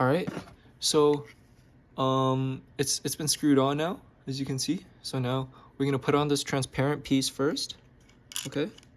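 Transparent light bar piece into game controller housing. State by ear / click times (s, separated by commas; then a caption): not seated / none. Someone talks while preparing to press the transparent plastic light bar cover into a DualShock 4 controller housing during a ribbon replacement, after the screws have been fastened. Only speech is heard, and the piece has not snapped into place yet; nothing has clicked.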